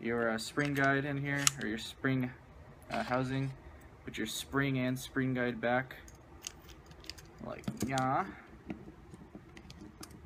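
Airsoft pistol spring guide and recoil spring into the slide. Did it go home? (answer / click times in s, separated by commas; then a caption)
no / none. Someone talks while fitting the recoil spring and spring guide (spring housing) back into the slide of a 1911 airsoft pistol, with small sharp handling ticks and taps toward the end. Nothing has seated or clicked into place yet.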